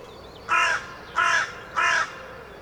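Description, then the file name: Carrion crow giving three rasping caws, each short and grating, spaced roughly two-thirds of a second apart. "Corvus corone"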